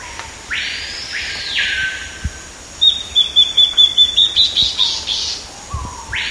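Bird calls: a rapid run of about ten high, sharp chip notes lasting about two seconds, with harsh broad rasping sweeps before and after.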